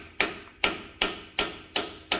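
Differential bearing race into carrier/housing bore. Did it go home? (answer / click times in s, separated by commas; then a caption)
no / none. A differential bearing race on a Chevy S10/GMC Sonoma is driven into its carrier/housing bore with repeated hammer blows on its outer edge. Six sharp metallic strikes ring out about every 0.4 seconds, each decaying quickly before the next. Nothing has seated or clicked yet, and the race is not yet fully home.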